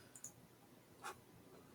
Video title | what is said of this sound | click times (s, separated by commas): Dell G7 7790 Series CPU & GPU Fan Replacement Installation & Disassembly (Easy DIY Tutorial) | and you'll hear a little clicking sound once it's actually locked itself in there so that's good thing | 0.2 s